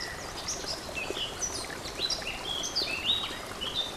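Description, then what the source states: Warbler delivering a lively, rapid string of high sweet notes and chirps varied in pitch, with a soft stream in the background. Warbler recorded beside a stream; date 24 04 15 given in title; recorded on an MZ-N 710 device.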